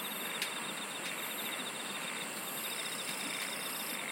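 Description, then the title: Insect chorus with a steady high drone and faint pulsed trills beneath a wash of hiss, with a few brief clicks. "SINGING OF INSECTS"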